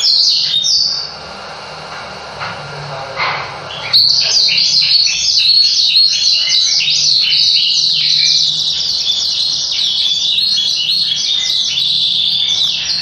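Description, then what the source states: Yorkshire canary: brief notes and a pause, then a loud, sustained high warble of dense rolling trills that carries on to the end. The canary's song is very long.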